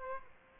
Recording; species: mosquito wingbeat signal from an infrared sensor; Aedes aegypti